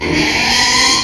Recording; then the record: squeal of a Yucatan mini pig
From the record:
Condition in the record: after surgery on the right vocal fold (resection and tissue-engineered implant); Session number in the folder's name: 2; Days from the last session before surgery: 13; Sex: male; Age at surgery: 12 weeks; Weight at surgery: 13 kg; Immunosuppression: cyclosporine, prednisolone